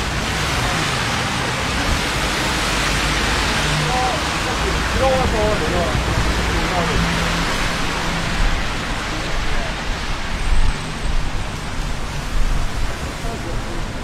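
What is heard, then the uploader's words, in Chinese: Walking through a city street at night in the rain: a steady, dense hiss of rainfall fills the whole clip. Faint murmuring voices drift through, and a low engine hum rises between about six and nine seconds, with slightly louder patter near the end. 晚上在城市街头的雨中行走。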